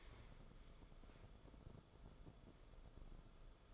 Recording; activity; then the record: daily activity, microphone in the room; stand up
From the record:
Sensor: 5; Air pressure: 994.5 hPa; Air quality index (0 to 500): 185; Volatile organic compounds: 1000 ppm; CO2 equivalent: 5416 ppm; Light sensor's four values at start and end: 23/57/24/28 and 23/56/23/27